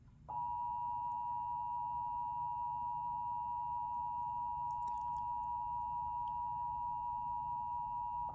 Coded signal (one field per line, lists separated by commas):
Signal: Emergency Alert System (SAME) tones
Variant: 853 and 960 Hz attention tone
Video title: 2024 Indiana Tornado Drill on WFWA 39.5 with SAME Alert and EAS - 3/12/2024